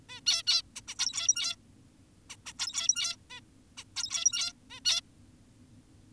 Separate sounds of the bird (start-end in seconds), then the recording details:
0.09-0.21, 0.27-0.43, 0.47-0.62, 0.76-0.81, 0.88-0.95, 0.99-1.56, 2.30-2.36, 2.46-2.53, 2.59-3.17, 3.30-3.41, 3.77-3.84, 3.97-4.53, 4.70-4.80, 4.85-5.01. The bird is an adult. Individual g17y2U